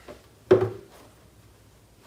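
The plastic handle of a Step2 Great Gourmet Kitchen toy refrigerator is being handled, with its pegs lined up to be pushed up into the two holes in the refrigerator door. A faint tap comes near 0.1 s, then a sharp knock at 0.5 s that rings briefly, followed by quiet and another abrupt hit right at the end of the clip. Nothing has seated or snapped in yet.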